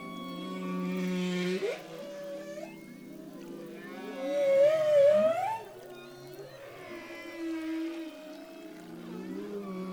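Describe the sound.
Humpback whale song: a series of moans with upward swoops, a bright wavering cry in the middle, then lower groaning phrases.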